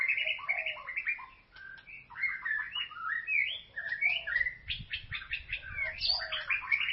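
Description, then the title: White-rumped shama singing a fast, continuous medley of clear whistled notes, slurred phrases and clicky chips, with faint low rumbling underneath. "Kicau Murai Batu"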